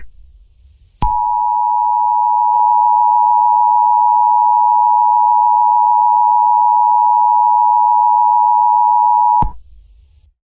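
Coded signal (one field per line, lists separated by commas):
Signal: Emergency Alert System (SAME) tones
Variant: 853 and 960 Hz attention tone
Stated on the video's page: Fictional EAS scenario based on a film.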